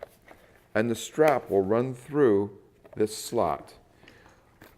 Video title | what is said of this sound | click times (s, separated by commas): Paulson Manufacturing A-TAC Firefighter Structural Goggle Accessories | Slightly opening up the bottom and pressing it on, it will snap into place over the edge of the helmet, | 0.0 s